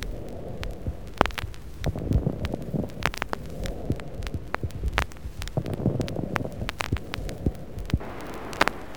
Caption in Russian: Крепитация же выслушивается только на высоте вдоха, однотипно, не меняется при покашливании.